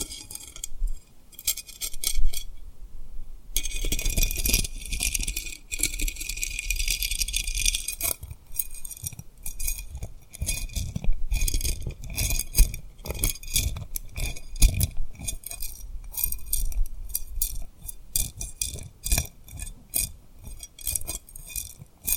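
Tapping and rubbing on rhinestones, a dense run of small bright clicks and glassy clinks. Sharp taps come quickly and unevenly throughout, with a steadier scratchy rubbing passage from about 3.5 to 8 seconds. A faint low rumble sits underneath.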